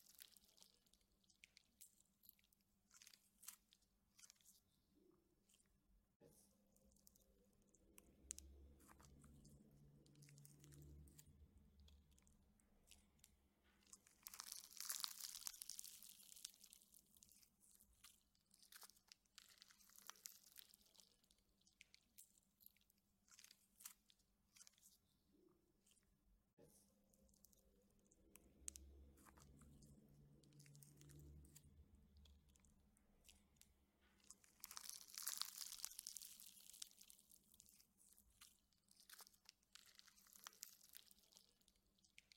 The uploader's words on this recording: Satisfying Slime Sights and Sounds: ASMR Bliss. The delightful sounds of slime being poked, squished, and molded. The slime stretch, fold, and ooze.